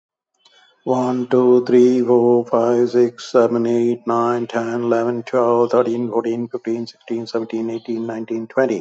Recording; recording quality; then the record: counting at a fast pace; excellent, no background noise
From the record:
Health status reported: healthy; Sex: male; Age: 71 years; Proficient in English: yes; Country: India